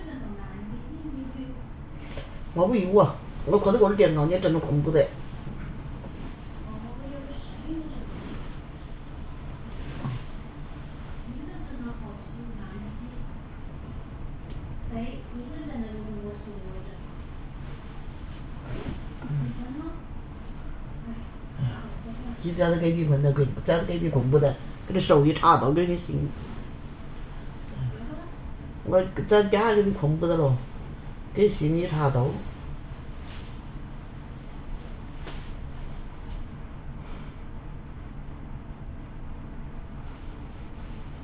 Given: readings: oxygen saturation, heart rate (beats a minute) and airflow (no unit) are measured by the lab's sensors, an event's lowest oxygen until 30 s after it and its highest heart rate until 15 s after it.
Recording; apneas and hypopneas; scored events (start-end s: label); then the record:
a person awake in a sleep study, by a smartphone at the bedside; none
0.00-41.24 s: awake
From the record:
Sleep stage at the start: awake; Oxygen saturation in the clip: 93 to 96%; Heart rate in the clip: 59 to 69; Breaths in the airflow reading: 14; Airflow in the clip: -6.6 to 8.6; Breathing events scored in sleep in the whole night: 328 in 6.3 hours asleep